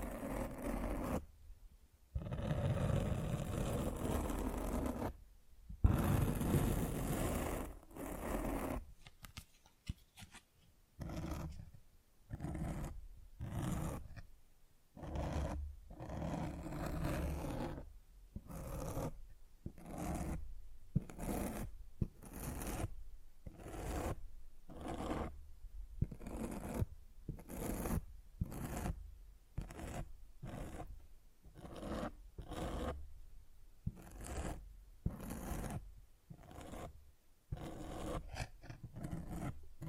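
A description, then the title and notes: Rough scratching and rubbing noise from something dragged across a microphone, coming in repeated strokes separated by short silent gaps. The early strokes are longer and heavier, the later ones shorter and more regular, about one every second, all full-bodied. ASMR Fall Asleep to Mic Scratching 1 Hour No Talking.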